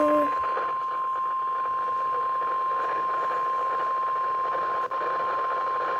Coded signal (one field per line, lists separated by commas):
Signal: Emergency Alert System (SAME) tones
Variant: 1050 Hz attention tone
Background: speech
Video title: RIP My Sleep (EAS #6)